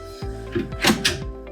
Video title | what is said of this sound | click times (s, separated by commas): How to Assemble an Americana Base Cabinet - Americana Cabinets by Midwest1938 | Both sides latch. And your drawer's in. | 1.1 s